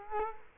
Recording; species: mosquito wingbeat signal from an infrared sensor; Culex quinquefasciatus